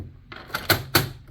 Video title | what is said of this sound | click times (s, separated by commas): Tips and Tricks For Using Silhouette Cameo 4 Roll Feeder and Crosscutter - Creative Design & Supply | Okay, you want to hear that snap right there. | 1.0 s